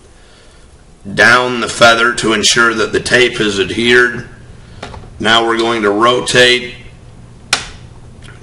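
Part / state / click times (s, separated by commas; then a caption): arrow nock in fletching jig indexer / seated / 7.5 s. Someone talks while an arrow is rotated in a fletching jig's nock indexer. A single sharp, solid click at 7.5 s marks the arrow snapping into the next detent position, seated.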